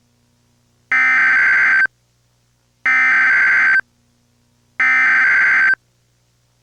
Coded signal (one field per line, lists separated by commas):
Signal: Emergency Alert System (SAME) tones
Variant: header bursts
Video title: EAS MOCK: Civil Danger Warning (x4?)